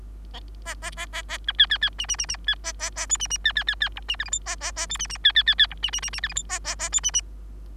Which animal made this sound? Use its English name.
Bengalese Finch